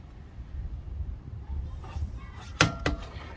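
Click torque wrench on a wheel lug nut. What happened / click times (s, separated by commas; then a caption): The torque wrench clicked at its set torque / 2.6 s. A Lexivon LX-183 1/2-inch click torque wrench set to 76 ft-lb slowly tightens a hand-tight lug nut on a wheel, with a low steady rumble and a faint scrape near 1.8 s. The wrench gives its sharp click at 2.6 s, followed by a softer second tick at about 2.9 s, confirming the set torque was reached.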